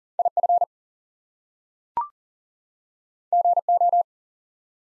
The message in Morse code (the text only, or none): IF GO